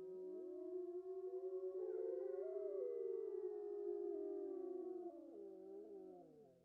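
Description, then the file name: Wolf howls in chorus, a few sustained wavering tones layered over one another, swelling then fading out after about five seconds. A wolf pack howling, recorded close. "Digiffects Sound Effects Library - Close Wolf Pack Howls"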